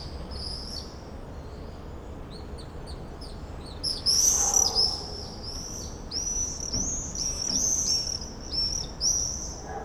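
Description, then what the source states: Common swift screams, thin high trilling calls building into a loud chorus of several birds passing midway and again near the end. Summer evening in a backyard in Bytom, Poland; many swifts circling; recorded with Zoom F4 and AT BP4025.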